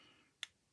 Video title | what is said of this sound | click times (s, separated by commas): Ouverture colis Le Petit Matos et Mathieu Maquette | non je si c'est clips dedans voilà | 0.4 s